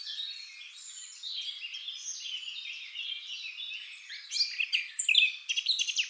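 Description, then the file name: Eurasian blackcap song opening with low-key, rambling warbling and ending in a louder burst of sharp notes. "Sylvia atricapilla"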